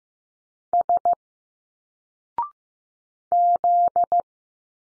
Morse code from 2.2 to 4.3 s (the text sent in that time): Z